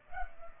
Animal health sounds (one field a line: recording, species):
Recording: mosquito wingbeat signal from an infrared sensor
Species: Culex pipiens